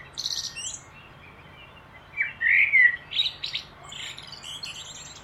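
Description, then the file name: Common blackbird song: thin high squeaky notes, then a brief fluty warble followed by more scratchy high twitters, fairly soft overall. "Turdus merula"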